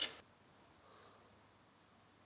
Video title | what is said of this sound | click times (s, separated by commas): 1 Thing ALL Home Bike Mechanics Should Know | okay so it clicked right about there | 0.0 s